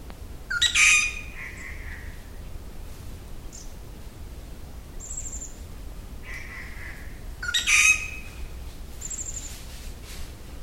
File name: treepie-grey -Dendrocitta-formosae